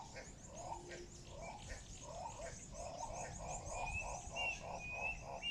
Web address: sound Guinea-turaco